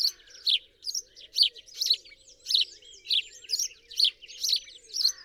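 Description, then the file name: House sparrow chirps, loud and slightly uneven, about two per second with overlapping notes, over a soft low wavering hum. "Passer domesticus"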